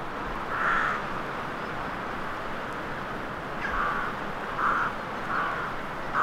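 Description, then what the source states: Crows cawing, with several short, harsh caws spaced irregularly over a steady hiss. Crows in a graveyard atmosphere; horror soundscape.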